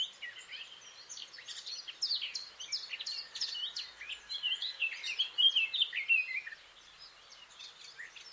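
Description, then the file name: Eurasian blackcap song: continuous fast scratchy warbling with a louder, clearer whistled passage around five seconds, then quiet. "Sylvia atricapilla"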